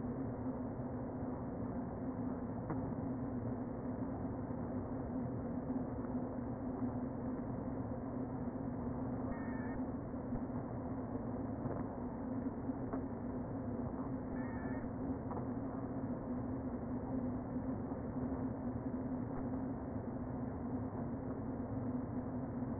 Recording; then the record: honeybee colony, microphone inside the hive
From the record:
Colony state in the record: queen present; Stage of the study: before two queens were removed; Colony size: about 60,000 bees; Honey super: yes